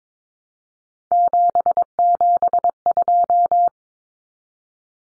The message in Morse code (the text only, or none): 772